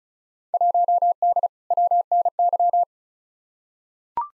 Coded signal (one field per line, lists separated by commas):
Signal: Morse code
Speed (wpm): 36 wpm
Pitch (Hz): 700 Hz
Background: none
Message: 1D WNY